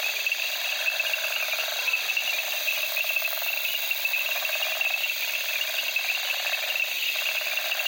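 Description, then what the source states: Frogs and crickets calling together, a constant bright insect buzz layered over rapid rattling frog pulses, unbroken from start to finish. At night among reeds in the Okavango, Africa, with crickets and frogs calling.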